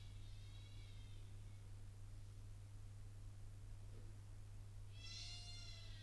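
A baby crying late at night in a hotel, heard distantly from the hallway: two harmonic cry bursts with a long pause between, over a steady low hum.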